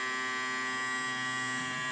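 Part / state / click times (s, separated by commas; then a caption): vacuum pump on a mason jar vacuum lid / not seated / none. A handheld vacuum pump sits centered on a mason jar's vacuum lid and draws the air out, giving a steady electric hum with many tonal bands throughout. No click is heard, and the lid has not yet sealed.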